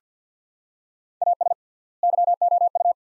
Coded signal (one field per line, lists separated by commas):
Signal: Morse code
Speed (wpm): 50 wpm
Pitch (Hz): 700 Hz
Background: none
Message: AS YOU